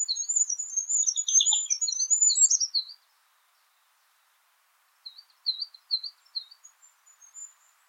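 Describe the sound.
Bird calls: high thin twittering and chirps for three seconds, a pause, then a short series of repeated high chirps.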